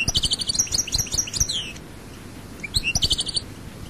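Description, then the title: European goldfinch singing rapid tinkling, twittering phrases ending in a downslurred note, followed after a pause by a shorter jingling phrase. "Chant Chardonneret"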